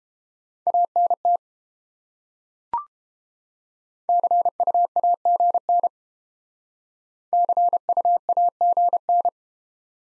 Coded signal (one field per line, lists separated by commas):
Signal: Morse code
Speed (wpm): 29 wpm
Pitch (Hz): 700 Hz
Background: none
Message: ANT CUAGN CUAGN